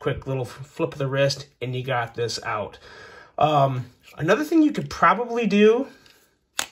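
Someone talks about opening a Cold Steel Large Voyager folding knife as its steel blade is flicked open, apparently with the middle finger. At 6.6 s a single sharp click sounds as the blade locks open in its folding handle.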